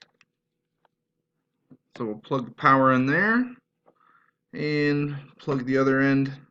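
The other end of a bridge's power/data cable is handled near a hard drive's connector while someone talks, with a few faint ticks early on. The clip ends before the connector goes into the hard drive, so nothing has seated or clicked yet.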